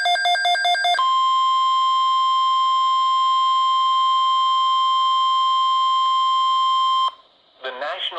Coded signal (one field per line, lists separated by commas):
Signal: Emergency Alert System (SAME) tones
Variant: 1050 Hz attention tone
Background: speech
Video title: 5-29-18 Svr TStorm Watch 130 [EAS 35]